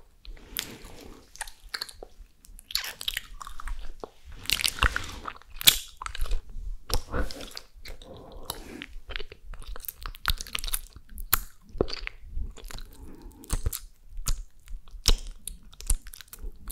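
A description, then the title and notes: Chewing fills the clip, with crisp crunches and wet mouth clicks arriving in quick, irregular bursts every half second or so. The bites are bright and sharp against near silence, with a faint low rumble underneath. ASMR Mouth Sounds Chewing Sounds.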